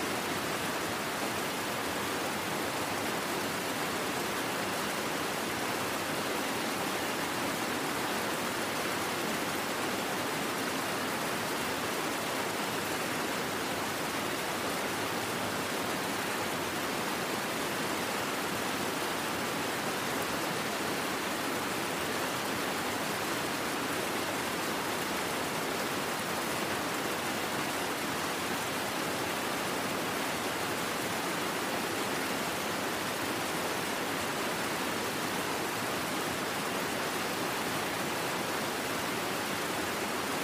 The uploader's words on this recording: Rain Sounds For Sleeping & River White Noise By Scottish Castle.